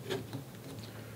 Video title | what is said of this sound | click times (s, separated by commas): Ender 3 S1 Review and Assembly | find the grooves in the back and give it a push and it'll lock into place | 0.3 s